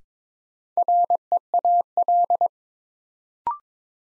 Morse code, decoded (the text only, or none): REAL